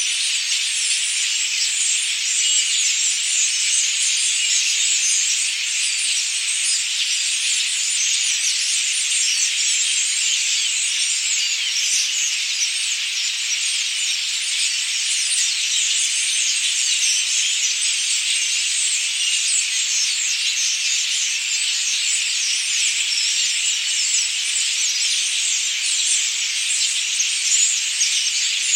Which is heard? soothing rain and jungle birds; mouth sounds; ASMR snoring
soothing rain and jungle birds